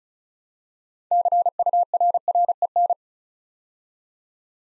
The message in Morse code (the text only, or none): CURREN